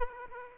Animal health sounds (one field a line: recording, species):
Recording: mosquito wingbeat signal from an infrared sensor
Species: Aedes aegypti